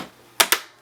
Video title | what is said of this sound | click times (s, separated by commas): Transformers Encore: Fortress Maximus - SSJ Reviews 397 | it'll snap like that | 0.4 s